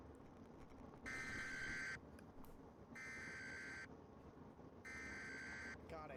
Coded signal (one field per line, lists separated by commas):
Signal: Emergency Alert System (SAME) tones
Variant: header bursts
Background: speech